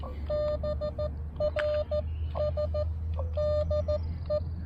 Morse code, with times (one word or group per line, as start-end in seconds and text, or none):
0.3-2.8 BRS
3.4-4.4 DE